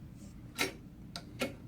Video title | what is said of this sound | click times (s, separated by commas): OLD Installing RFK10 100A Class R Fuse Rejection Kit into a Safety Switch | rotate forward until it clicks into place now | 1.2 s